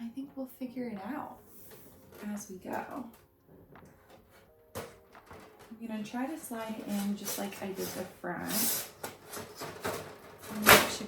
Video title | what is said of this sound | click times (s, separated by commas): Putting Together & Styling the IKEA Akerbar Greenhouse 🔨 | click okay yep that clicked right into place | 10.7 s